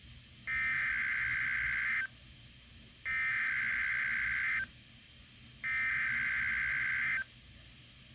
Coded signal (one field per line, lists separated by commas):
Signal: Emergency Alert System (SAME) tones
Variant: header bursts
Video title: EAS#283 Severe Thunderstorm Watch on WXK85 in Oklahoma City, OK.